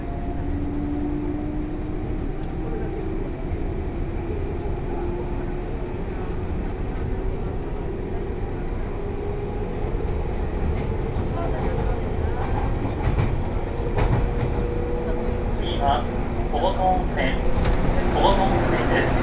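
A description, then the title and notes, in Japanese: A 117-series local train runs from Kyoto toward Ono, with a steady low rumble and rising tones, plus faint voices and clicks near the end. 湖西線普通 京都→小野 117系。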